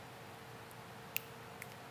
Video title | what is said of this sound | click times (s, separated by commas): Internal Wiring for 2008-2013 Harley Davidson Handlebars | here light click | 1.2 s